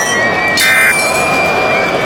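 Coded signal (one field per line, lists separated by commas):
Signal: Emergency Alert System (SAME) tones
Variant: end-of-message bursts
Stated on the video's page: Simulated EAS scenario, a fictional alert.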